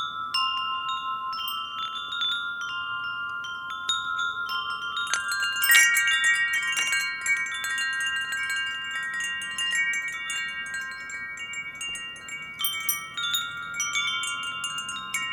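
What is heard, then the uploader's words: Wind chimes ring gently, their bright metal tones overlapping and lingering in long, steady sustains. A cluster of quicker strikes comes around six seconds, with more scattered clinks near thirteen seconds. A faint low rumble, like soft wind, sits underneath throughout. Gentle Wind Chimes & Nature's Symphony. The gentle, harmonious melodies of wind chimes.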